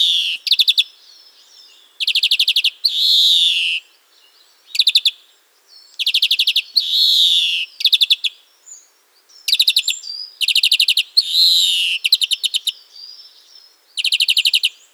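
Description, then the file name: European greenfinch song: rapid buzzy trills alternating with nasal, wheezing notes, repeated in bursts every second or two, high-pitched throughout. "carduelis chloris"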